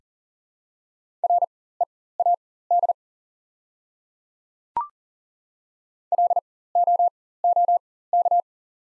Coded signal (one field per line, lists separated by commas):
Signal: Morse code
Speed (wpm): 40 wpm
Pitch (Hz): 700 Hz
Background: none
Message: READ LOOK